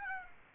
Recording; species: mosquito wingbeat signal from an infrared sensor; Aedes aegypti